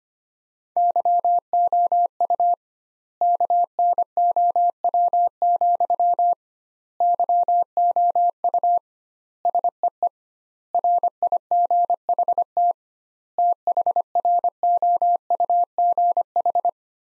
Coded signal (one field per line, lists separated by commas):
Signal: Morse code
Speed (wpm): 25 wpm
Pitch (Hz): 700 Hz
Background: none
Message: YOU KNOW, YOU SEE RIGHT THROUGH